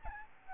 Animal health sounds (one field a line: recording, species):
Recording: mosquito wingbeat signal from an infrared sensor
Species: Aedes albopictus